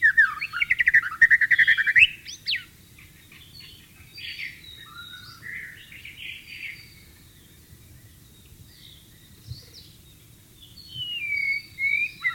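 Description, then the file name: White-rumped shama song opening with a loud fast warble and rising sweep, then soft scattered whistles and a clearer whistled phrase at the end. Wild bird in its natural habitat. "suara burung murai batu di alam liar"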